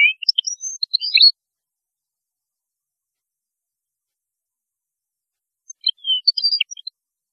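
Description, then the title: European goldfinch song, two short twittering phrases of high tinkling chirps separated by several seconds of silence. "Chant Chardonneret"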